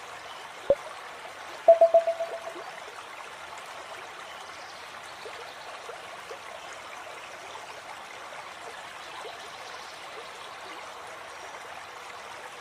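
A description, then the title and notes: River ambience with a steady, dense wash of flowing water that stays even throughout. Near the start a sharp click lands at under a second, followed around two seconds by a quick run of bright, ringing taps that fade before the water continues alone. River and Nature Ambient Sounds.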